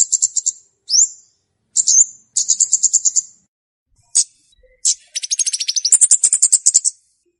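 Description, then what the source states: Flowerpecker song: quick high trills, short upslurred notes, and a longer trill that steps up in pitch partway through. Song used as a lure for trapping birds; Indonesian name Cabe-cabean, also called Kemade.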